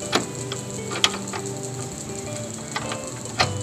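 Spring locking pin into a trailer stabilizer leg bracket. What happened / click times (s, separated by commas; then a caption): A spring pin snapped into its bracket / 1.0 s. A spring locking pin on a PMX Trail Trekker off-road camper trailer's stabilizer leg snaps back into its hole in the steel leg bracket after the pin is pulled and the leg is swung down. A few light metallic ticks and knocks sound around it, with the sharpest click at 1.0 s as the pin seats and locks the leg in place.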